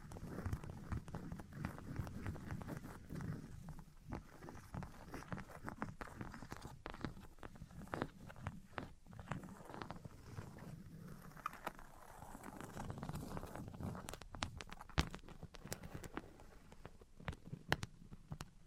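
Dense, irregular tapping and scratching runs throughout, with low rubbing strokes and sharp bright taps scattered often, a few louder clicks near fifteen seconds.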